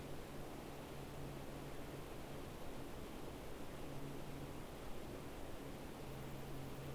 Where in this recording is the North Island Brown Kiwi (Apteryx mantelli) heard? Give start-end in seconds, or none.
none